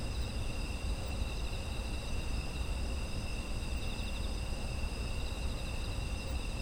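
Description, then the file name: Insect chorus of overlapping high, unbroken trills at several pitches, one band pulsing softly, with a steady low background hum throughout. Autumn insects, environmental ambience. "秋の虫の環境音"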